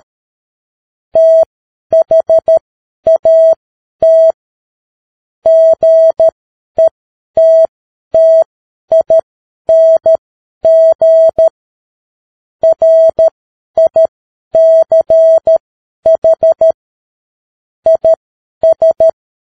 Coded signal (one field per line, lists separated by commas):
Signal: Morse code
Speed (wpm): 13 wpm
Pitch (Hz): 650 Hz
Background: none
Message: THAT GETTING RICH IS